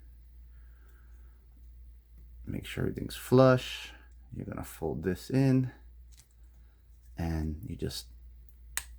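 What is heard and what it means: Someone talks while folding a plastic body panel of a NewAge NA-H14B Shazaam (Shattered Glass Thundercracker) transforming robot action figure in toward its torso, making sure everything is flush. The panel is pressed until it locks, and a sharp, loud click at 8.8 s shows it seating into place.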